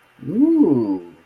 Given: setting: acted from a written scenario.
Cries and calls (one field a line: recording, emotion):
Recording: vocal sound without words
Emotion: interest